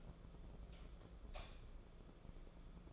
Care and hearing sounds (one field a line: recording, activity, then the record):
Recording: daily activity, microphone in the room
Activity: light off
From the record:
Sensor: 5